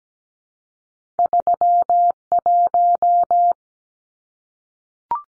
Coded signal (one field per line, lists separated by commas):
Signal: Morse code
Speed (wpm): 17 wpm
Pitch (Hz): 700 Hz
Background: none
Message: 31